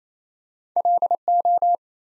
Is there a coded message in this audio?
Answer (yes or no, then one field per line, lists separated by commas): yes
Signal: Morse code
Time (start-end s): 0.8-1.8 s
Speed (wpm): 29 wpm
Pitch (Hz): 700 Hz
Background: none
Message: LO